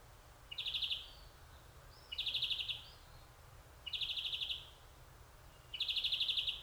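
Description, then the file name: European greenfinch calls: four short buzzy trills, each under a second, repeated roughly every one and three-quarter seconds. "Chloris chloris"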